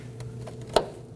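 The front brake flex hose fitting on a 2018-2024 Toyota Camry is pushed up into its caliper hose bracket until its base lines up with the plate. After faint ticks around 0.2 and 0.5 s, a single sharp click at 0.8 s marks the fitting popping into place, fully seated.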